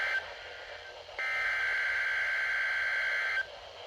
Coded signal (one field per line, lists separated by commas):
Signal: Emergency Alert System (SAME) tones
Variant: header bursts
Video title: Severe Thunderstorm Watches (EAS #149-151)